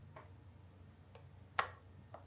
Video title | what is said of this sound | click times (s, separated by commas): LiTime Xtra Mini - Everything You Need to Know! | You hear it lock in like that. | 1.6 s